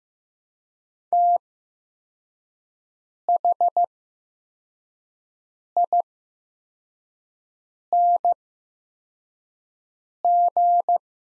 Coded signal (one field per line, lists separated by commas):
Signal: Morse code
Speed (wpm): 15 wpm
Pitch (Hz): 700 Hz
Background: none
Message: THING